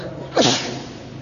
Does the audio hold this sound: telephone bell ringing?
no